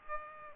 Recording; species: mosquito wingbeat signal from an infrared sensor; Aedes aegypti